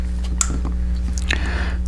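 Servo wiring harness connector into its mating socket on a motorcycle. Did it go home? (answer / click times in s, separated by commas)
yes / 0.4 s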